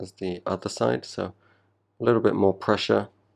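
Someone talks in two short bursts with a pause between them while a new 1.2 mm crystal is being pressed into the bezel of a vintage Seiko Lord Matic 5606 watch case. One edge is not seated as far as the other, so a little more pressure is applied in a press. The clip ends before the crystal goes home, and nothing has seated or clicked yet.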